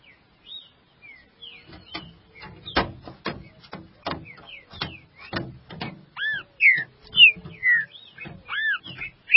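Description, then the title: Green-winged saltator song: sharp clicking and tapping at first, then a run of rich, looping whistled notes rising and falling in the second half. "Trinca Ferro"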